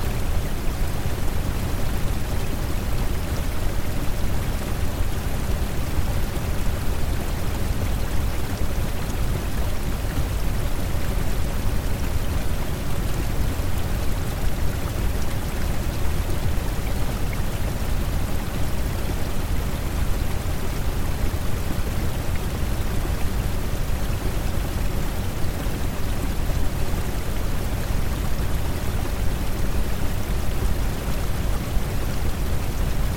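A steady, dense rush of falling water blends with smooth noise, heavier in the low end, unchanging and continuous throughout with no distinct events.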